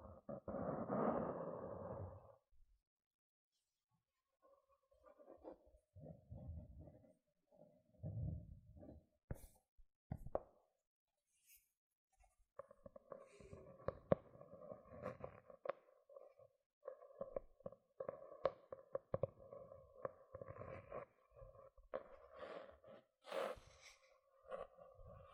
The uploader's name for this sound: Tingly Gentle Scratching Sounds